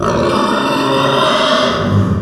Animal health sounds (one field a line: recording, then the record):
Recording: squeal of a Yucatan mini pig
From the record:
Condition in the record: after surgery on the right vocal fold (resection and tissue-engineered implant)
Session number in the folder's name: 15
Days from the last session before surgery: 175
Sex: female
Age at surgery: 19 weeks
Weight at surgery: 25 kg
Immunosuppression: prednisolone